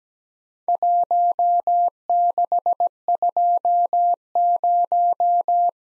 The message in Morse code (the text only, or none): 1620